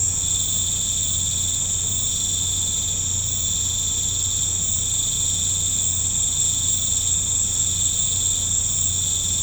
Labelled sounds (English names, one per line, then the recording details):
none
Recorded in pastures near Puerto Asís, Putumayo, Colombia, on 15 December 2024 at 18:30
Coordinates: 0.505, -76.324
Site G063